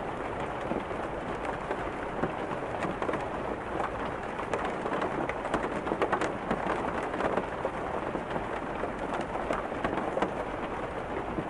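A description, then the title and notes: Heavy rain pours steadily onto a car's hood and windshield, a dense, constant patter with frequent sharper drops and a low rumble underneath. The Backseat is Looking Comfy During This Heavy Rain Downpour. With those heavy rain sounds, pattering on the hood & windshield of the car.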